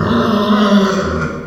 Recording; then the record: squeal of a Yucatan mini pig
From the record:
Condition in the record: after surgery on the right vocal fold (resection and tissue-engineered implant); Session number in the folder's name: 15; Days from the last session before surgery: 175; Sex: female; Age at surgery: 19 weeks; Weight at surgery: 25 kg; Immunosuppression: prednisolone